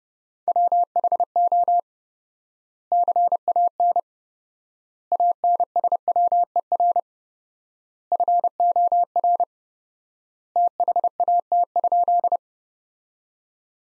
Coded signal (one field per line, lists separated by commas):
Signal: Morse code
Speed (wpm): 32 wpm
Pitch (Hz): 700 Hz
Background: none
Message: WHO CAN ANSWER FOR THAT?